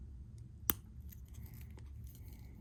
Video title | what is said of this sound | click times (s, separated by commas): Blokees Classic Class 2007 Movie Optimus Prime Build | There we go, it clicked in. | 0.7 s